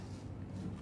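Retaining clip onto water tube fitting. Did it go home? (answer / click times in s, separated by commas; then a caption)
no / none. A metal retaining clip is handled over the ferrule and o-ring end of a Teflon water tube in an espresso machine, being pushed back on top of the fitting. Only a steady, low rumbling noise is heard with no sharp hits. Nothing has clicked or seated yet.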